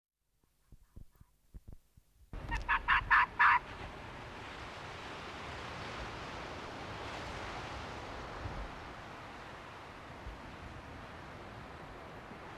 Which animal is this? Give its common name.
Arctic Fox